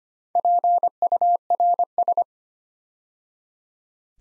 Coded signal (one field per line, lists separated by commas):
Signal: Morse code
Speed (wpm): 25 wpm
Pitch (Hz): 700 Hz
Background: none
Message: PURS